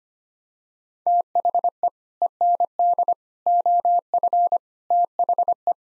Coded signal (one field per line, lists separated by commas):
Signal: Morse code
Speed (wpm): 25 wpm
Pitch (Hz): 700 Hz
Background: none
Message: THE END OF THE